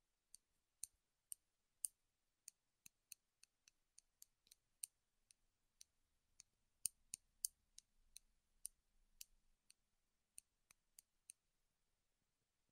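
Wood triggers make a string of sharp, bright taps and clicks, spaced irregularly around two or three per second across the whole stretch. Between about 6 and 9.5 seconds a soft low rustle runs underneath, and the taps grow slightly denser there.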